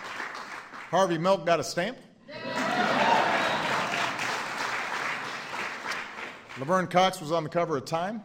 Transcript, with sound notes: Harvey Milk got a stamp. (Applause.) Laverne Cox was on the cover of TIME.